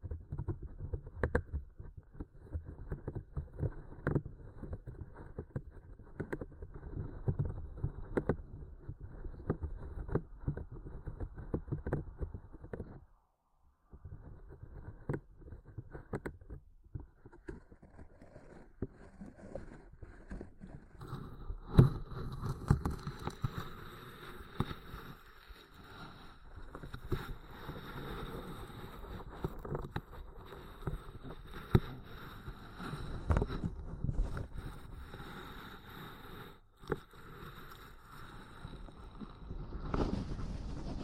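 A microphone is slowly grabbed and handled, giving a steady low rumble full of soft thumps and scrapes. Around 13 seconds the sound cuts out almost completely for a moment. From about 21 seconds a brighter hiss with a faint whine joins the bumping until the end.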